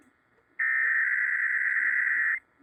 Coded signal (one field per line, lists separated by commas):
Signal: Emergency Alert System (SAME) tones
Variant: header bursts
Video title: DEBUT OF KTGN/NEW MEXICO MISHAP/FAREWELL KDWN! EAS Tests from February 2023